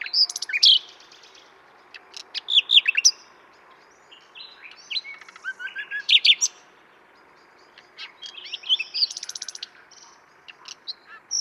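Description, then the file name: Common nightingale song in separate bursts every few seconds, mixing sharp slurred whistles, clicks and short rapid trills, with pauses between. "Luscinia megarhynchos"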